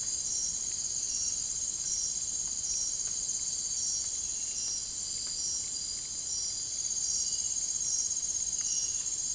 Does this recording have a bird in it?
no